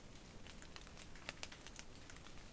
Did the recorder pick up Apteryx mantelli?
no